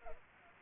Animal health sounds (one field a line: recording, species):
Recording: mosquito wingbeat signal from an infrared sensor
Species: Culex pipiens